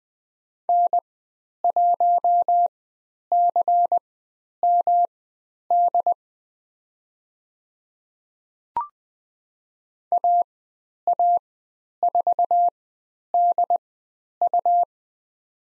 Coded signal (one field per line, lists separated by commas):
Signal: Morse code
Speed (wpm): 20 wpm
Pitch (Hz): 700 Hz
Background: none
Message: N1CMD AA4DU